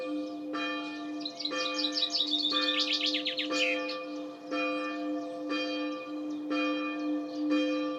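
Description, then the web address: Bird song: one burst of quick, high, falling notes and a short trill, over a low hum that throbs about once a second. "cianscape birddata Deverinetal 2025 Bird Only"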